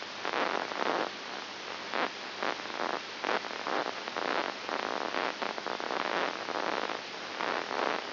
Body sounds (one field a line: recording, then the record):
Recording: brain microelectrode recording played as sound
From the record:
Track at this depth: inside the subthalamic nucleus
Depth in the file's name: 6.901 mm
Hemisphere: left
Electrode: 2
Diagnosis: Parkinson's disease